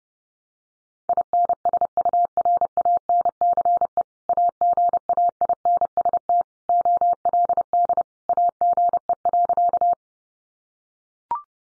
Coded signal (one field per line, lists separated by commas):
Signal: Morse code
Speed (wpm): 30 wpm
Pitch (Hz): 700 Hz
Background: none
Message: INSURANCE AGAINST OLD AGE.